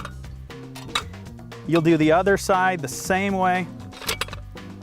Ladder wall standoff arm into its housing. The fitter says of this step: simply slide into this housing you'll see that spring-loaded button pop into place